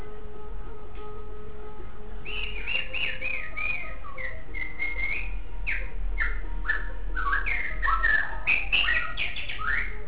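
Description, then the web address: White-rumped shama song: a rich run of varied whistled phrases, slurred and rising notes mixed with quick chirps, over a steady low hum. Song described as including meow-like sounds. "shanlung 9 shamasong"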